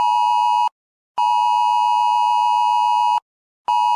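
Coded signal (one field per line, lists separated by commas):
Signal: Emergency Alert System (SAME) tones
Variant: 853 and 960 Hz attention tone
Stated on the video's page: Fictional EAS alert about exploding cellphones attributed to Memphis police.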